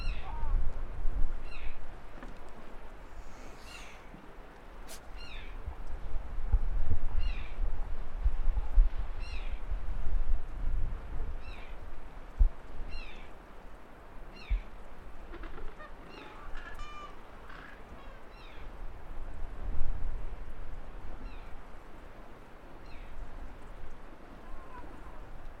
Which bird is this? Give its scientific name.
Pygoscelis papua